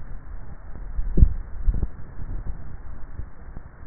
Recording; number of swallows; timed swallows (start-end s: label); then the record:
swallowing sounds by neck microphone; 1
1.08-1.82 s: swallow
From the record:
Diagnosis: dysphagia